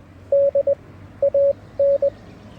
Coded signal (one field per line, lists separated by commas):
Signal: Morse code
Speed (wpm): 20 wpm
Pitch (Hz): 560 Hz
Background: none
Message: D AN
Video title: I Found an Unbuilt Elecraft K1 Radio Kit!